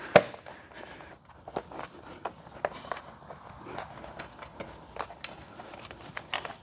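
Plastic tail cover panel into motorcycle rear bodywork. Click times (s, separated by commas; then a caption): 0.2 s, 2.6 s, 6.3 s. A plastic cover panel for the tail section of a Suzuki GSX-S1000GT / GT+ has its tabs folded underneath and is pressed into position on the motorcycle's rear bodywork. Sharp plastic clicks are heard at 0.2, 2.7 and 6.3 seconds, with smaller taps and rubbing sounds in between. The panel's tabs click into place and the cover is fully seated in its final position.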